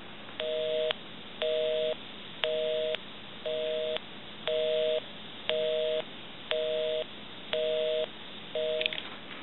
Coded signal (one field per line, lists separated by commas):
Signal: telephone call progress tone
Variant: North America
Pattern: busy tone